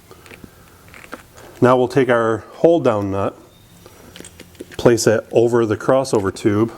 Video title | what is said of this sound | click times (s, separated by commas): Fuel Injector Installation - Dodge Cummins 5.9 | you'll be able to feel this as it Wiggles into place and it clicks into place there | 1.1 s